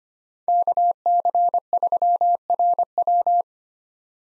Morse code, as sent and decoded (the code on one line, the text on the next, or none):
-.- -.-. ...-- .-. .--
KC3RW